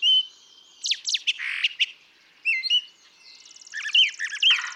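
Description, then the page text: Brown thrasher song: sharp whistled note, harsh downslurred strokes, doubled looping whistles, then a buzzy trill mixed with repeated slurred notes. Same male recorded over about three and a quarter hours; long song sequence with a repertoire estimated at about 1300 songs; includes imitations of other species; Atlanta, Michigan, March 28, 2017. "Brown thrasher. ♫411. March 28, 2017. Atlanta, Michigan"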